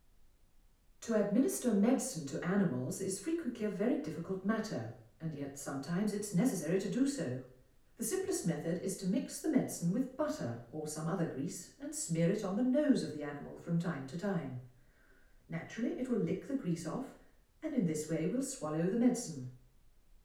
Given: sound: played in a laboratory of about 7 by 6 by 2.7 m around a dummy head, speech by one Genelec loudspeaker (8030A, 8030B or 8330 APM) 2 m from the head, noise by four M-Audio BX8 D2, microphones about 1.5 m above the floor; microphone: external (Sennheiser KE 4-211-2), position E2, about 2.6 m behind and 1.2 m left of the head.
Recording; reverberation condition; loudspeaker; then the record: female speech in English; medium; 60 degrees to the right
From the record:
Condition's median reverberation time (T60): about 510 ms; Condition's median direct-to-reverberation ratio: about -0.5 dB